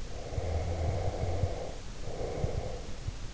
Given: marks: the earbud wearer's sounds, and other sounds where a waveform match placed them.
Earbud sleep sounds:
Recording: sounds in sleep by an in-ear microphone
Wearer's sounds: breath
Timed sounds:
0.00-2.99 s: breath

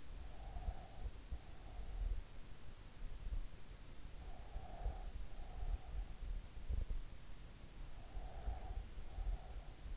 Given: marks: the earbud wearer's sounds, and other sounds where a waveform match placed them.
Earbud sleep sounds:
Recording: sounds in sleep by an in-ear microphone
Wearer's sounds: breath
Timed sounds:
0.00-1.64 s: breath
4.14-6.24 s: breath
8.03-9.82 s: breath

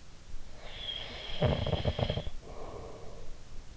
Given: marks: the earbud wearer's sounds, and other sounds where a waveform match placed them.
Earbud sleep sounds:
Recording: sounds in sleep by an in-ear microphone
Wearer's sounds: snoring breath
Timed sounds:
0.17-3.61 s: snoring breath

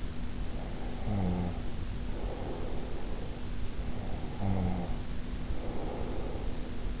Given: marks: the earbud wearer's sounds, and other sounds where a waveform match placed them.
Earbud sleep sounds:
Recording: sounds in sleep by an in-ear microphone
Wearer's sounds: snoring breath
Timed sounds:
0.31-3.52 s: snoring breath
3.79-7.00 s: snoring breath

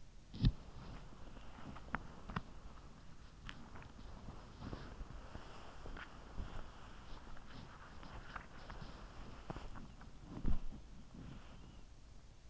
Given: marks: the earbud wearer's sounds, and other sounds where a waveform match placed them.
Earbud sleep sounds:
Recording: sounds in sleep by an in-ear microphone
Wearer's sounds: body movement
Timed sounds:
0.00-12.50 s: body movement

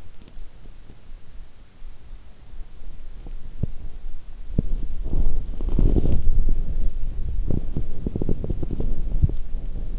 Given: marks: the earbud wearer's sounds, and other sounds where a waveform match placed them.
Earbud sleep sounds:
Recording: sounds in sleep by an in-ear microphone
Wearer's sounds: teeth grinding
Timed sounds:
0.00-1.15 s: teeth grinding
3.07-9.99 s: sound from someone else or the room

